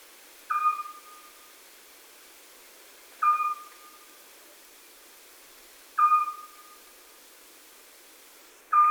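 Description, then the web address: Eurasian scops owl repeating a single mellow whistled note at a steady pace, four calls spaced roughly three seconds apart over a soft background hiss. "chatillon hibou petit duc"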